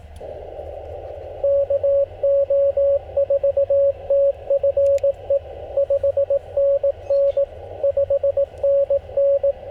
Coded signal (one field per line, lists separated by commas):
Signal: Morse code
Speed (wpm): 18 wpm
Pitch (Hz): 560 Hz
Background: radio noise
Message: KO4TFE 5NN 5NN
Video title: CW POTA PILEUPS and DX after a SOLAR STORM! #morsecode #parksontheair #hamradio